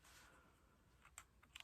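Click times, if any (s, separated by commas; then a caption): none. A rechargeable battery pack is being handled at the battery compartment in the base of a Nikon Z30 mirrorless camera body, ready to slide in until it latches. A faint hiss opens the clip, followed by small ticks and taps near 1.1, 1.2 and 1.6 seconds. Nothing has seated or clicked into place yet.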